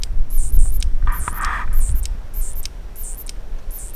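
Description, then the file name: Oncotympana pallidiventris giving rhythmic high-pitched buzzy pulses with clicks, a lower brief hum in the middle, over constant low background rumble. Recorded in the Philippines. "Oncotympana pallidiventris"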